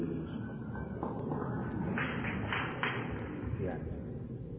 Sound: applause